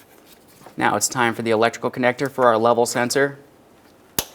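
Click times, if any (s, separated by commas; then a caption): 4.2 s. Someone talks, then the electrical connector is pressed onto the washer fluid level sensor in the windshield washer reservoir of a 2007-2013 Acura MDX, giving a single sharp click at 4.2 s. The connector is seated, and a light tug confirms it.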